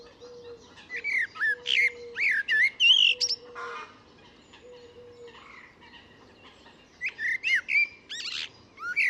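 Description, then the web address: Bird giving varied whistled and chattering notes in two bursts, rising and falling phrases, with a quiet gap between. "Deverinetal 2025. Bird Only"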